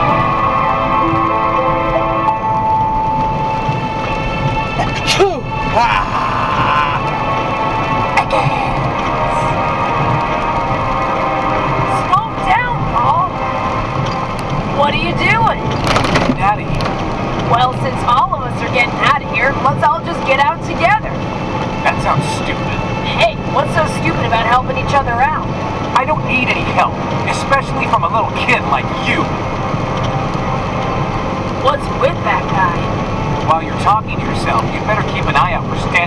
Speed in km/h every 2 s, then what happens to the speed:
112, 113, 112, 112, 112, 112, 110, 109, 108, 109, 108, 108, 109, 109, 109, 109, 109, 109.
0-36 steady at about 109.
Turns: none.